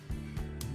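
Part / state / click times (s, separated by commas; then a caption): plastic panel clipping into the robot toy body / not seated / none. A plastic panel is pressed against the body of a plastic transforming robot toy, a Transformers Legacy United Deluxe Class Chase from Rescue Bots Universe, during its transformation. Soft handling rustles sit over a steady low background drone, with a brief sharp handling noise near 0.6 s. The clip ends before the panel clips in, so nothing has seated yet.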